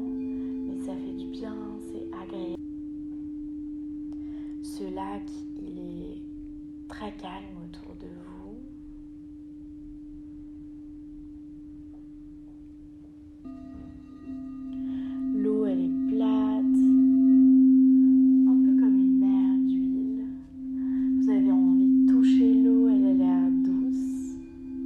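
Crystal bowls hold steady pure tones that swell louder after fifteen seconds, with a voice speaking softly in short phrases throughout.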